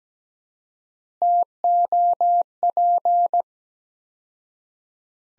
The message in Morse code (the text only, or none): TOP